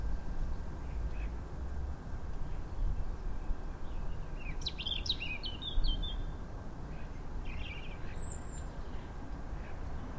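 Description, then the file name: European robin song, a short burst of high tinkling, warbled notes midway, followed by a thin phrase and a brief squeak, over steady low rumble. "Erithacus rubecula"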